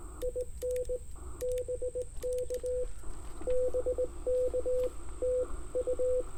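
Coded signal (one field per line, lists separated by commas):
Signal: Morse code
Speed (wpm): 18 wpm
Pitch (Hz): 500 Hz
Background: radio noise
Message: IN BK BK TU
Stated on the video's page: 18 WPM CW park activation using an IC-705 with Ashi paddle, homebrew 49:1 inverted-L on a 31 ft pole, battery powered.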